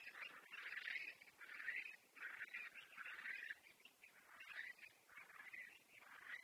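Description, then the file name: Eurasian curlew giving repeated whistled calls in loose succession over a soft hissing background. "Courlis-cendré-Numenius-arquata"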